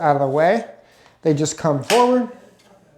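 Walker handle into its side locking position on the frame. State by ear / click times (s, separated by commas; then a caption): not seated / none. Someone talks while the folding handles of a Go Zeen sit-to-stand walker are brought forward toward their locking position on the side of the frame. Only the voice stands out, with quiet pauses between phrases. Nothing has locked into place yet; the clip ends before the handles go home.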